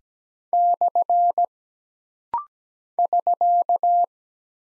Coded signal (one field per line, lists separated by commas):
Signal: Morse code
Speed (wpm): 17 wpm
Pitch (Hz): 700 Hz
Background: none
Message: / <SK>